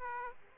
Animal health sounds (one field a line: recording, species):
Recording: mosquito wingbeat signal from an infrared sensor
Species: Aedes aegypti